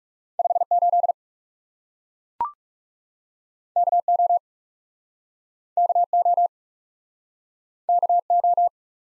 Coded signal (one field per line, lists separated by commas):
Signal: Morse code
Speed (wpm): 38 wpm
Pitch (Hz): 700 Hz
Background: none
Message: 5 8 K O K O K O